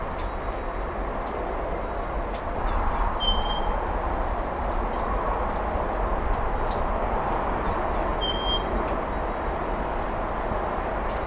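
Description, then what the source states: Great tit singing softly: two brief phrases of high paired notes dropping to a lower clear whistle, about five seconds apart, over constant low hum and rushing noise. Spring song recorded last Friday in a home yard; delivered rather cautiously, perhaps lazily.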